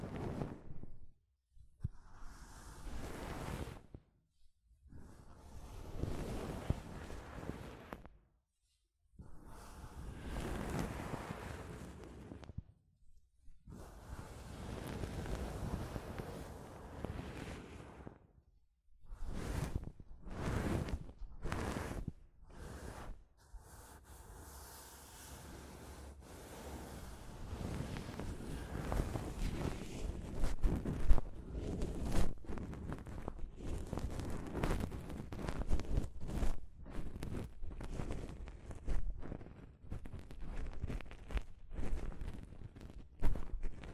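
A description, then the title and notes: Soft fabric brushes across a microphone in rough, rushing strokes, each a dense swish with heavy low rumble. Early strokes come in separate bursts of a few seconds with silent gaps; after about twenty seconds the rubbing turns quicker, choppier and nearly continuous. ASMR Mic Brushing using Soft Fabric (No Talking).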